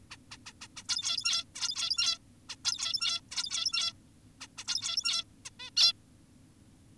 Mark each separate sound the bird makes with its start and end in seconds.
0.11-0.17, 0.32-0.38, 0.46-0.53, 0.61-0.68, 0.77-0.84, 0.89-1.44, 1.55-2.18, 2.49-2.56, 2.65-3.21, 3.32-3.93, 4.41-4.47, 4.58-4.64, 4.68-5.24, 5.46-5.50, 5.60-5.70, 5.77-5.93